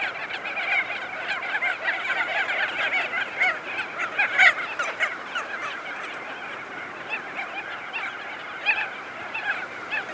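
Crested auklets giving a steady wash of honking, trumpeting calls from many birds, loudest and most dense during the first five seconds.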